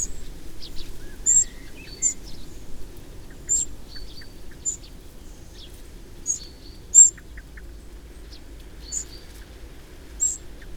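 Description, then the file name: Eurasian wren uttering sharp, high clicks at uneven intervals, with faint chirps and brief whistles from other birds. "Troglodytes troglodytes"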